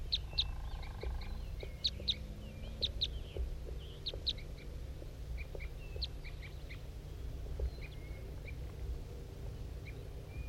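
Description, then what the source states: Crossbill calling, a run of clipped high chirps and short notes, bunched early and thinning later, over a constant low background rumble. Wild male crossbill circling around, at 8:21.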